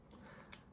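A plastic battery connector adapter is clipped into a battery lead and seats with a short, sharp click at 0.5 s. A faint, softer tick comes just before it against low background noise, and no one talks.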